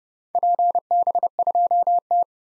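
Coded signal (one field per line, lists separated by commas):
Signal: Morse code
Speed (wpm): 32 wpm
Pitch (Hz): 700 Hz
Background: none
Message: PB2T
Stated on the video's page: Most common early-2023 SOTA activator call signs sent at 30 wpm for head-copy drill, each sent, spoken, then sent again.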